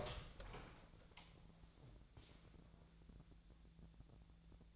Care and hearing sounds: daily activity, microphone in the room; open door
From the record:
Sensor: 3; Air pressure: 1000.4 hPa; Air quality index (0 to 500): 173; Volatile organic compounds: 3 ppm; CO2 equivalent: 1501 ppm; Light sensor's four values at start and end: 13/31/13/13 and 13/31/13/14

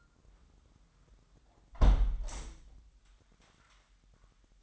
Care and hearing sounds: daily activity, microphone in the room; close window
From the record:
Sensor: 3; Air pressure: 998.6 hPa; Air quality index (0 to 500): 145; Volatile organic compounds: 5 ppm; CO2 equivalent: 1742 ppm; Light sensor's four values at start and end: 10/24/10/11 and 10/23/10/10

